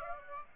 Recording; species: mosquito wingbeat signal from an infrared sensor; Aedes aegypti